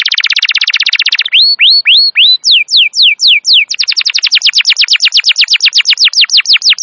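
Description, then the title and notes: Canary sings a fast trill, then slower rising-falling whistled slurs, then a quick run of repeated chip-like notes. Canary song described as long and very vigorous, used as a lure and master recording suited for training wild canaries. "Pikat Kenari GACOR PANJANG INI Cocok Untuk Masteran KENARI LIAR. Masteran burung kenari gacor parah"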